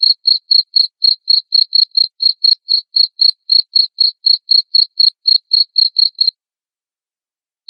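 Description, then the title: Cricket giving rapid high chirps, about four per second, stopping abruptly for over a second before one more chirp. Loud cricket chirping played to make lovebirds sing continuously. "Suara JANGKRIK NGERIK Keras Bikin LOVEBIRD Jadi NGEKEK Terus Vubey"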